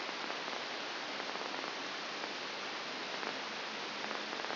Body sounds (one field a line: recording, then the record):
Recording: brain microelectrode recording played as sound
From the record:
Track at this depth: outside the subthalamic nucleus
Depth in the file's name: 6.101 mm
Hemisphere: left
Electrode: 2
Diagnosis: Parkinson's disease